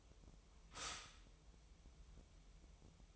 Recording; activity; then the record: daily activity, microphone in the room; stop toaster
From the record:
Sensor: 1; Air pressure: 988.6 hPa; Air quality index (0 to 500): 196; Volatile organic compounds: 936 ppm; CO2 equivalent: 5234 ppm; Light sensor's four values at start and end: 25/94/35/37 and 25/94/35/37